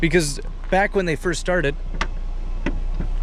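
On a 2019 Jeep Grand Cherokee Limited X, a button closes the power liftgate, and its latch closes onto the striker of the SUV's rear opening. Someone talks over a steady background hum. Two small, solid clicks follow at 2.0 s and 2.7 s as the liftgate latches fully shut and the door is confirmed closed.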